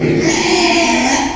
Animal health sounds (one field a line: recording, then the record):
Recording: squeal of a Yucatan mini pig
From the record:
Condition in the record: after surgery on the right vocal fold (resection and tissue-engineered implant)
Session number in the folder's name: 2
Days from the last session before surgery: 13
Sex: male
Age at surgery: 12 weeks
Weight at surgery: 13 kg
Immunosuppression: cyclosporine, prednisolone